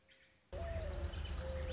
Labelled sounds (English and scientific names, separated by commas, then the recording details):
Mourning Dove (Zenaida macroura)
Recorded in Sonoma County, California